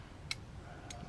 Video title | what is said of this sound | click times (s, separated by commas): Mercedes C350 Spark Plug Replacement | gonna slide this in until it clicks just | 0.3 s